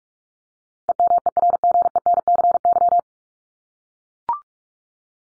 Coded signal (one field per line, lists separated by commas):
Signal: Morse code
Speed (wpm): 44 wpm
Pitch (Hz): 700 Hz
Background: none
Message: EMERGENCY